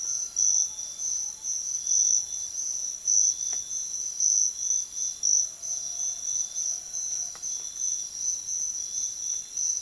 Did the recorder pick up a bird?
no